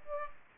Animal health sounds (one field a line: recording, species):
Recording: mosquito wingbeat signal from an infrared sensor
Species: Aedes aegypti